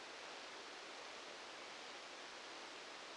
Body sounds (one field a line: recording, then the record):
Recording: brain microelectrode recording played as sound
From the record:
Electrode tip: outside the subthalamic nucleus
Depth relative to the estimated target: -10 mm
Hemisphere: right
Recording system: NeuroSet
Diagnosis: Parkinson's disease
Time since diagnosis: 10 years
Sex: male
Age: 56 years